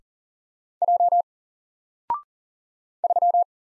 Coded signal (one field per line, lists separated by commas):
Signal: Morse code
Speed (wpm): 40 wpm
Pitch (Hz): 700 Hz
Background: none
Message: J 3